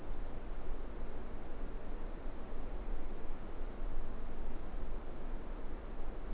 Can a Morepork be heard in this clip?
no